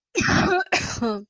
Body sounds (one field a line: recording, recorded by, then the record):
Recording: voluntary cough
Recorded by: messaging app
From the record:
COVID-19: negative